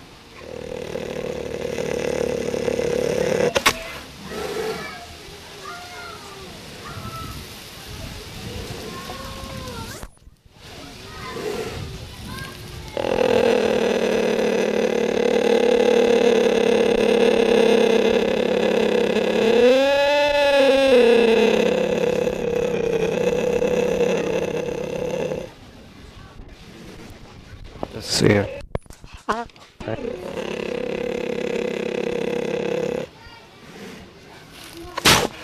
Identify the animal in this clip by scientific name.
Acinonyx jubatus